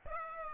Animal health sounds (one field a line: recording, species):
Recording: mosquito wingbeat signal from an infrared sensor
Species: Aedes aegypti